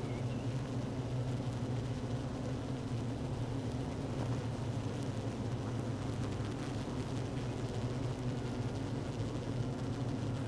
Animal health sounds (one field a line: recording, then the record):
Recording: honeybee colony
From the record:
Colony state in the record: active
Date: 12 June 2018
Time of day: 15:43